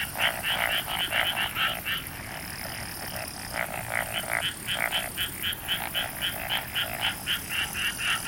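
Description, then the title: Frogs croaking in fast pulsed bursts, a loud caller repeating bright raspy notes about four a second, others overlapping underneath. Frogs in a rice paddy at night, summer, Hokkaido, Japan. "Summer Japan, Hokkaido. Night Paddy's frogs. 夜の水田のカエル"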